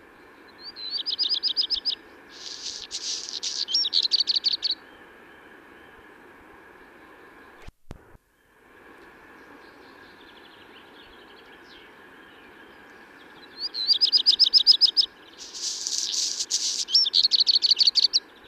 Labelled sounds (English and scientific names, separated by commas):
Black Redstart (Phoenicurus ochruros) song